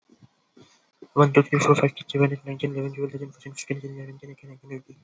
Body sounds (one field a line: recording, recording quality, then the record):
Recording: counting at a fast pace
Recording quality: excellent, no background noise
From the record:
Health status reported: healthy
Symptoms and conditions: none ticked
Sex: male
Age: 18 years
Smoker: not ticked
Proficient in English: yes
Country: India